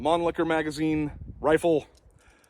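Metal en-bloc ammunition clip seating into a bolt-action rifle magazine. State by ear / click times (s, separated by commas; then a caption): not seated / none. Someone talks while handling a Type 88 bolt-action rifle, about to push a five-round metal en-bloc ammunition clip down through the top of the open action into the magazine until it catches with a sharp metallic click. The speech fades into quiet with only two faint ticks near the end; nothing has seated or clicked yet.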